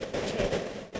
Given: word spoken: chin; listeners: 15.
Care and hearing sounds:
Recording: one English word in noise, from a listening test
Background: noise modulated by three-talker babble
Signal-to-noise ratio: -6.6 dB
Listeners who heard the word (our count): 2 of 15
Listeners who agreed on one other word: 6 of 15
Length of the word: 0.60 s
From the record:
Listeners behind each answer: 6, 3, 2, 2, 2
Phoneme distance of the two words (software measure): 20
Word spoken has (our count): 1 syllable, 3 phonemes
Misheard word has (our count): 1 syllable, 3 phonemes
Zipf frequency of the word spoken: 3.93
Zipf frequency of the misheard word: 4.55

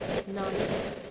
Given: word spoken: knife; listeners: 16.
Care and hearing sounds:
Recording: one English word in noise, from a listening test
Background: noise modulated by three-talker babble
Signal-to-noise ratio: -6.2 dB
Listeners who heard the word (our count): 4 of 16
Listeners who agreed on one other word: 7 of 16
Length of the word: 0.71 s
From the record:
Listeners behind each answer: 7, 4, 2, 2, 1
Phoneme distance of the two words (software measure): 10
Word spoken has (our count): 1 syllable, 3 phonemes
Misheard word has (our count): 1 syllable, 3 phonemes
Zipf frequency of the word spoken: 4.49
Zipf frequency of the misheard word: 5.83

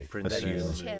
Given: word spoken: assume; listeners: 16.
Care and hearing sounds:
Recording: one English word in noise, from a listening test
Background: four-talker babble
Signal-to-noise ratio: -0.1 dB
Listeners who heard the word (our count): 0 of 16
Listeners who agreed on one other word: 9 of 16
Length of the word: 0.59 s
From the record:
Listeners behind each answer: 9, 2, 1, 1, 1, 1, 1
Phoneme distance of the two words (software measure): 58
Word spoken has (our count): 2 syllables, 5 phonemes, stress on syllable 2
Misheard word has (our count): 2 syllables, 7 phonemes, stress on syllable 2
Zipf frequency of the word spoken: 4.24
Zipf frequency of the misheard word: 4.47

